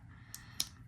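A folding implement on a steel multitool is opened after one tool is pulled out and another is moved, with a faint tick at 0.3 s. A sharp, bright click at 0.6 s marks the implement locking open in the handle, seated in place.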